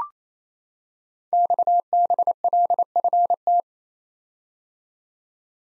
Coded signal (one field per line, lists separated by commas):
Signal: Morse code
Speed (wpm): 27 wpm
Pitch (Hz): 700 Hz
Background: none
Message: XBLFT